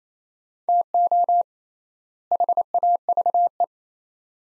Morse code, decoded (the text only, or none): TO HAVE